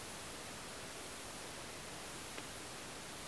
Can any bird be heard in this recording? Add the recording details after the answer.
no. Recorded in France